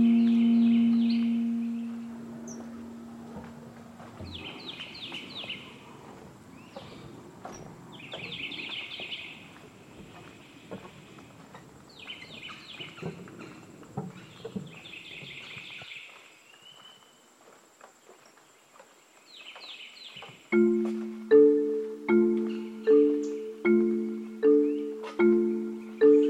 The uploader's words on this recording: Corkscrew Swamp Sanctuary, just outside of Naples Florida. This is the Lettuce Lakes area, the beating heart of the ancient bald cypress grove. The Corkscrew Swamp Sanctuary boardwalk leads visitors through a gentle and pristine wetland wilderness.